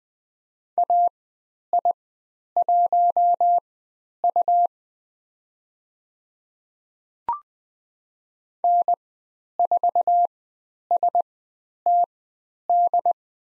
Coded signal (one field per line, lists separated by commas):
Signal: Morse code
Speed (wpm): 20 wpm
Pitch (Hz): 700 Hz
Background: none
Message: AI1U N4STD